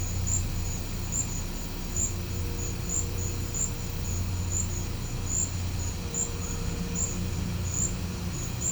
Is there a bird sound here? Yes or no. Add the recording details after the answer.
no. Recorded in pastures near Puerto Asís, Putumayo, Colombia, on 18 December 2024 at 13:30. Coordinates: 0.505, -76.324. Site G063